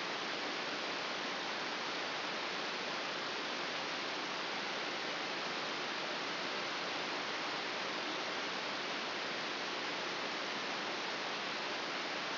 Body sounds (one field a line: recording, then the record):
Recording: brain microelectrode recording played as sound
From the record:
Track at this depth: outside the subthalamic nucleus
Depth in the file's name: 5.801 mm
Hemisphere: right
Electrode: 3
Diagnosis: Parkinson's disease